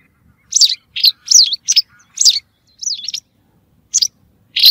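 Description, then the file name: White wagtail song with bright, looping chirps and quick twittered phrases, several notes in a row, then a brief gap and more chirps. "Motacilla alba"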